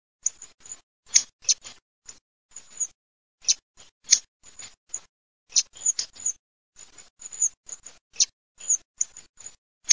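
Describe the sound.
Hawfinch calls: sharp, explosive ticking notes given irregularly, often in quick pairs or clusters separated by short pauses, with no other clear sounds.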